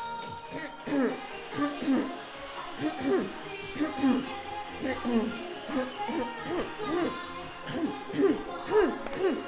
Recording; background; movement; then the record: throat clearing; music; walking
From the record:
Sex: female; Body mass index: 21.8 kg/m2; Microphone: on the chest, facing outward